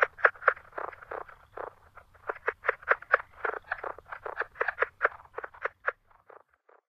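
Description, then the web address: Plains leopard frog giving rapid, guttural chucking notes in irregular bursts that thin out and stop near the end. North America. "Songs of Frogs Toads of North America. Plains Leopard Frog"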